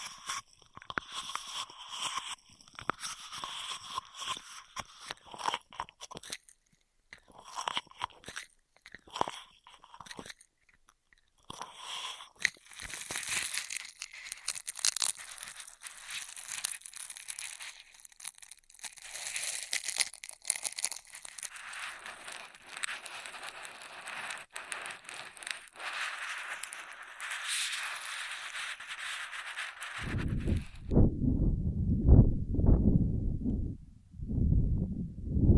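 Straw sounds, crackling and rustling in dense bursts, sparse at first and then thickening into a near-continuous crisp crinkle from about 12 seconds on. Near the end, around 30 seconds, the crackle stops and gives way to low, muffled thumping and rubbing.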